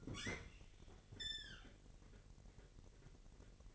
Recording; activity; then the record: daily activity, microphone in the room; open fridge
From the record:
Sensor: 4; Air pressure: 1002.7 hPa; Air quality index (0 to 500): 242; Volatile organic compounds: 17 ppm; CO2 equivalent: 2593 ppm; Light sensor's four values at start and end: 4/10/4/4 and 4/9/3/4